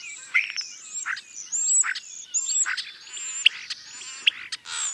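Starling calling constantly, a varied run of harsh rasps, clicks and high whistled notes with short buzzy bursts.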